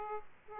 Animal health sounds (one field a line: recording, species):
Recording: mosquito wingbeat signal from an infrared sensor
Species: Aedes aegypti